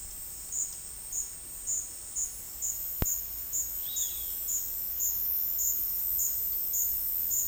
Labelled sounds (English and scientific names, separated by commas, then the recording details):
Roadside Hawk (Rupornis magnirostris)
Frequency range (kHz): Roadside Hawk (Rupornis magnirostris) 2.4-4.7 kHz
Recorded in dense forest near Puerto Asís, Putumayo, Colombia, on 20 February 2024 at 09:30
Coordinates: 0.485, -76.322
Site G6406